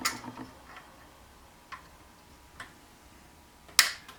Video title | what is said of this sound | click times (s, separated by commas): Ford C6 Transmission Rebuild Part 5...assembly begins | snapped into place then | 3.8 s